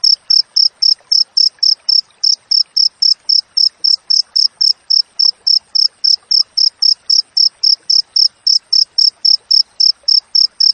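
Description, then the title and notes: Cricket chirping in a tight, regular pulse train, high and bright, around four chirps a second throughout. Natural cricket chirping with tightly spaced pauses, used as master audio for training songbirds and for repelling rats. "Masteran Jangkrik Alam Jernih, Jeda Rapat Cocok Untuk Masteran Burung Dan Mengusir Tikus. suara jangkrik"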